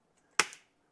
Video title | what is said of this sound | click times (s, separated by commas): STOP Lifting the OLD Way. The new GRABO High Flow will Lift Heavy Pavers with NO Problem. | just got to push it down a little bit and it clicks into place | 0.4 s